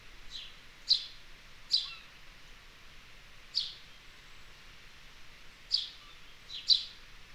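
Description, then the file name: House sparrow chirps, sharp single notes at uneven intervals, against a steady low hiss. "Passer domesticus"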